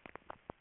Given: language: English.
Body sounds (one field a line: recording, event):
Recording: throat vibration sensor signal played as sound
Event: swallow